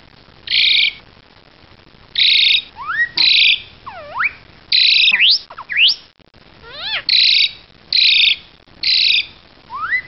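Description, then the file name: Black-collared starling song of repeated harsh buzzy bursts, mixed with swooping whistles and quick rising slurred notes. "jalak hongkong omkicau"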